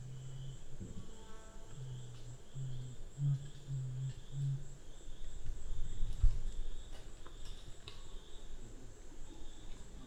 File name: Black curassow